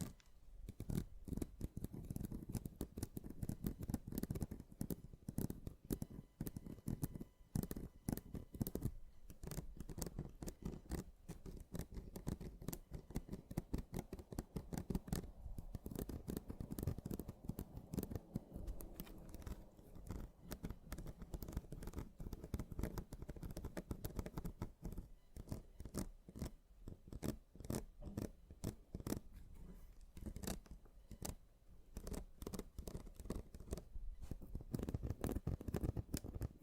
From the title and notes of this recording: ASMR Mini Scratching (NO TALKING).